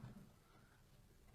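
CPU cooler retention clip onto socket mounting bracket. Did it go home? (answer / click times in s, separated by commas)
no / none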